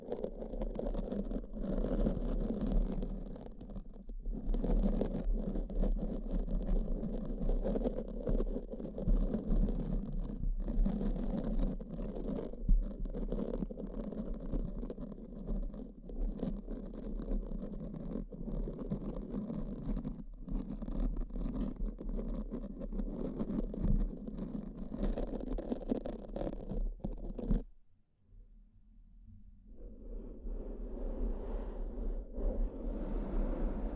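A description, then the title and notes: Brain scratching sounds, a dense, rough rustle full of quick scraping strokes over a steady low rumble. It runs without pause until about 27 seconds, drops to near silence for a second or two, then returns softer and duller to the end. ASMR S E N S I T I V E Brain Scratch (No Talking).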